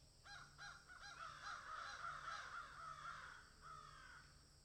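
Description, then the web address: Crow cawing rapidly, harsh grating notes running together, easing off toward the end. "ворона"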